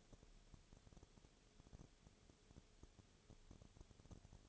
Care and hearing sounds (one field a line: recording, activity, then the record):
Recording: daily activity, microphone in the room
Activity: no activity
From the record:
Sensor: 4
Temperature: 22.0 degrees Celsius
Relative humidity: 29.6%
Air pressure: 1002.1 hPa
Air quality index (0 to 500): 60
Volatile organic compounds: 1 ppm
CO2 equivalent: 611 ppm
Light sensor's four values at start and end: 2/3/1/1 and 2/3/1/1